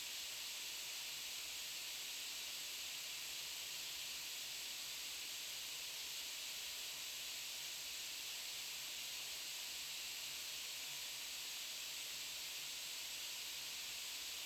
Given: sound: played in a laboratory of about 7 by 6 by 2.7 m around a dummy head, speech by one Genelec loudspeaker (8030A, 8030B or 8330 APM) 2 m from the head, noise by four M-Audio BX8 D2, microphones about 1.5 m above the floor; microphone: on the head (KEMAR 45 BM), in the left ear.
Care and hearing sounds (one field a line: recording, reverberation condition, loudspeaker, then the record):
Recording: white noise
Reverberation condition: medium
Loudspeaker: four, about 170 cm from the corners of the room and facing them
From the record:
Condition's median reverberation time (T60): about 510 ms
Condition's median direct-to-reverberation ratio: about -0.5 dB